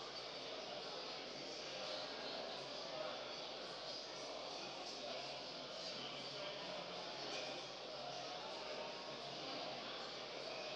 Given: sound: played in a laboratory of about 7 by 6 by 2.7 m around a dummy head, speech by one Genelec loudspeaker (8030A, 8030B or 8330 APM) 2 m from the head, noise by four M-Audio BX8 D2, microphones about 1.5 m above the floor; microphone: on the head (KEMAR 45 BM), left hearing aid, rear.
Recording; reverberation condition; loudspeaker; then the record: cafeteria noise; high; four, about 170 cm from the corners of the room and facing them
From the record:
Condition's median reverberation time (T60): about 1300 ms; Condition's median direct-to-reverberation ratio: about -4.0 dB